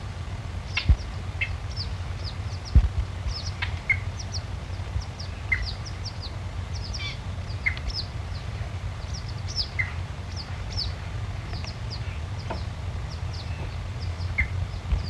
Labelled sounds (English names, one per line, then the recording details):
Little Crake call
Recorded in the wild
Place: Illmitz, AT
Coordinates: 47.7544, 16.7631
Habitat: wetland
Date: 1963-08-13
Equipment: Uher Report 4000, AKG D190
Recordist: Krey, Winfried